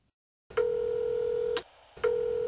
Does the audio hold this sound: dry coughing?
no